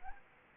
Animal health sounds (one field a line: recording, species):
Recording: mosquito wingbeat signal from an infrared sensor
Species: Anopheles arabiensis